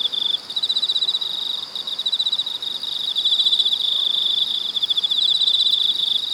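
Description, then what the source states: Cicadas droning in a steady high-pitched chorus with rapid pulsing swells, the buzz rising and falling in intensity throughout. Cicadas in Weinan, China.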